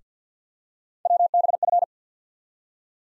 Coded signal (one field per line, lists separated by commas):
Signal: Morse code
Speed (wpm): 50 wpm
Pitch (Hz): 700 Hz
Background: none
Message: WBF